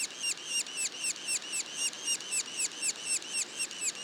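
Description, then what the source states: Yellow-bellied sapsucker young give rapid squeaky notes, each sliding down in pitch, about four each second in an even rhythm. Juveniles; Mont-Orford National Park, Quebec.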